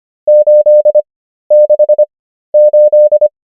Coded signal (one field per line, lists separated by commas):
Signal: Morse code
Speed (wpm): 25 wpm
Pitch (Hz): 600 Hz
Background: none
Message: 868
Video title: morse code practice | 25wpm | 13fw | numbers | ENGLISH